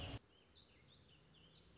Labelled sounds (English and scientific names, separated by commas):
Warbling Vireo (Vireo gilvus)